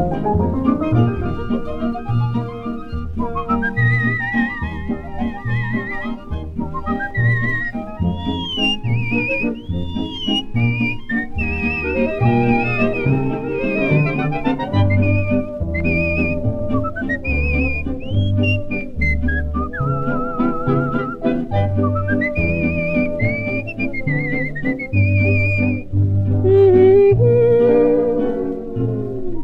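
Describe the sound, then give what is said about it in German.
A bright, high whistled melody glides and warbles over a steady instrumental backing with a bouncing bass line, carrying a cheerful tune loudly and continuously throughout. “Und das ist meine Melodie, nach der ich singen muss, nach der ich pfeifen muss und tanzen muss und springen muss.”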